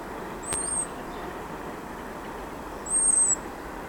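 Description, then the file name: European robin giving two high, thin, level whistles about two and a half seconds apart, with a brief click and a low background rumble. "Erithacus rubecula"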